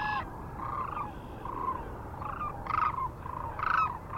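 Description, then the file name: Sandhill Crane calls, several rolling rattled notes, some louder bursts among softer ones. Recorded 9 March 2004 near Kearney, Nebraska, together with other sounds. "2004-03-09 SACRandmore Kerney NE"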